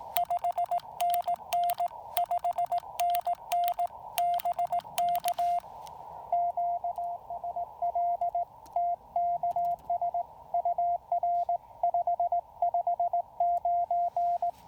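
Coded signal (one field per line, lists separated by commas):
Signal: Morse code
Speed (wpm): 17 wpm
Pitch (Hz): 690 Hz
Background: radio noise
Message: 5NN 5NN BK QSL TKS UR 559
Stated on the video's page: CW Parks on the Air activation at Lake James with a Yaesu FT-817ND and no antenna tuner.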